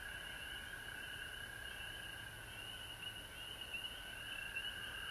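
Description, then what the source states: Frogs in a continuous high-pitched trilling chorus. Recorded at home in Georgia on March 19, 2020.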